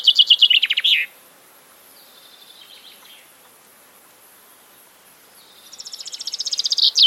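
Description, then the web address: Common chaffinch song: the end of a trilled phrase with a flourish at the start, a faint song midway, then a trill building in loudness at the end. "Deverinetal 2025 File origin Bird Only Fr Co"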